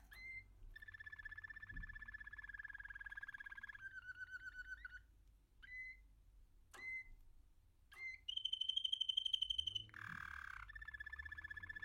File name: canto do canario americano